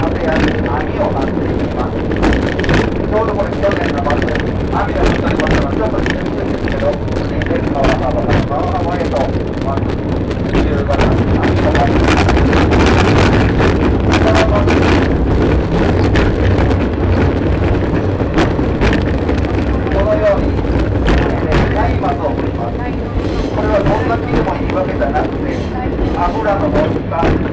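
A ride aboard the Shimanto Torokko open trolley train on the Yodo Line, running from Ekawasaki toward Tosa-Taisho. A dense, steady low rumble continues throughout, peppered with frequent clicks and rattles, while wind buffets the microphone and voices murmur underneath.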